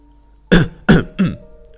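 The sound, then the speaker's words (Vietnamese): A man gives three dry, raspy coughs in quick succession, clearing his throat, each burst a little weaker than the one before, with no talking around them. “Cục trưởng Động ho khan một tiếng rồi nói”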